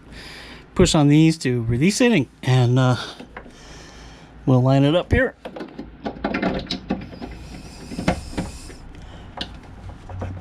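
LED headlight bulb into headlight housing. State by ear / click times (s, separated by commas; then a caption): seated / 6.7 s. Someone talks while lining up a new LED headlight bulb for a Chevy Silverado, then pushes it into the plastic headlight housing socket. A few short handling knocks are heard, and the bulb clicks and locks into place at 6.7 s, followed by more small taps.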